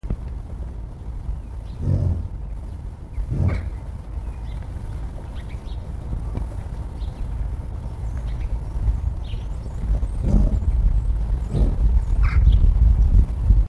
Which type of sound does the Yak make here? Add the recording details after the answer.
grunting. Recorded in captivity. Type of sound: grunt. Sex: male. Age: adult. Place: Zoo Berlin, Berlin, DE. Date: 1961-03-25 17:30. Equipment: Minifon, Kopie Smaragd. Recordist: Tembrock, Günter. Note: Yak: Bulle: Grunzlaute vor Einlass zur Fütterung